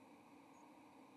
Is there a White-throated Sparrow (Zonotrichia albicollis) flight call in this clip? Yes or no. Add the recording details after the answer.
no. Another species' flight call is heard. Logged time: 10:02 on 30 October 2014